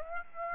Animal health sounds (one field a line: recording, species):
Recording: mosquito wingbeat signal from an infrared sensor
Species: Aedes aegypti